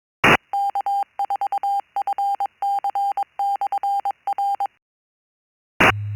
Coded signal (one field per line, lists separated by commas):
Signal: Morse code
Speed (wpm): 22 wpm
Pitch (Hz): 800 Hz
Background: none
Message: K4FC/R E